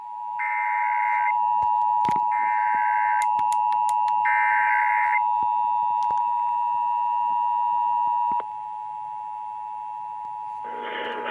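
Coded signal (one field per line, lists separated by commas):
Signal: Emergency Alert System (SAME) tones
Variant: 853 and 960 Hz attention tone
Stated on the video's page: Monthly test alerts recorded off FM broadcast stations in Georgia.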